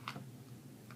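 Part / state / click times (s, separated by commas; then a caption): plastic toy axe into toy bowgun / seated / 0.1 s. A plastic toy snake axe slides through a hole in a toy shark bowgun and clicks into place with a sharp click at 0.1 s. A fainter tick follows at 0.9 s over a steady low hum, and the axe is seated.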